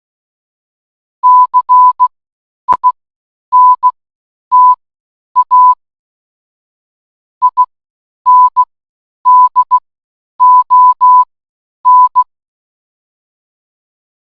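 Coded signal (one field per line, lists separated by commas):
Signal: Morse code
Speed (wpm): 16 wpm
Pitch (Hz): 1000 Hz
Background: none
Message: CINTA INDON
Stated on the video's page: Morse generated by an online text-to-Morse converter.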